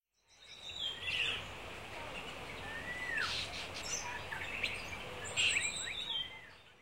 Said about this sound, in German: Am frühen Morgen wache ich auf. Die ersten Vögel singen neben mir.